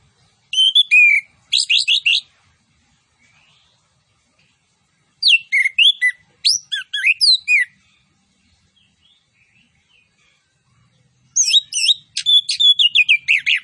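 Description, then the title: Orange-headed thrush song: three bursts of fast, varied chattering and whistled phrases, each lasting a couple of seconds, separated by silent pauses. Lively song with full fill-in phrases, including cililin-style 'tembakan' bursts. "Anis Kembang Gacor. MASTERAN ANIS KEMBANG ISIAN FULL DENGAN TEMBAKAN CILILIN"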